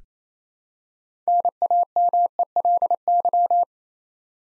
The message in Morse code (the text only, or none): NAMELY